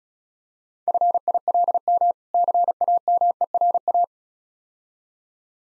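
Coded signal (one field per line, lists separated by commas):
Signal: Morse code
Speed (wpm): 36 wpm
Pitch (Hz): 700 Hz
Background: none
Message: FILM CAMERA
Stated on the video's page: Morse practice set for speed-racing difficult words at 28 wpm, with contextual hints.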